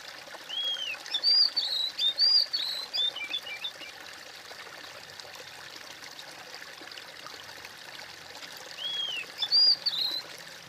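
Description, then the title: Bird song: a phrase of high, slurred whistles at the start, a long stretch of hiss, then a shorter whistled phrase near the end. "kOMPILASI suara bird"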